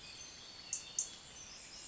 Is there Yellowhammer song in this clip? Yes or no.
no